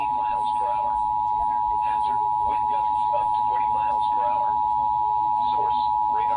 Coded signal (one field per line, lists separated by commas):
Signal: Emergency Alert System (SAME) tones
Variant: 853 and 960 Hz attention tone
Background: speech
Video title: Severe Weather EAS Alerts (Marginal Risk) (6/5/26) EAS 248 - 260